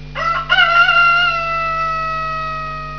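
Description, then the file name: Rooster crowing: a short rough start, then one long drawn-out tone that slowly falls and fades, with a steady low hum beneath. "gockel"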